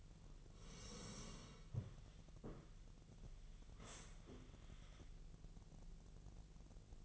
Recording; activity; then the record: daily activity, microphone in the room; sit down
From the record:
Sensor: 4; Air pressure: 1001.2 hPa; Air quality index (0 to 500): 181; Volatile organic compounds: 2 ppm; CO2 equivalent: 1296 ppm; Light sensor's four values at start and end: 14/32/13/13 and 14/33/13/13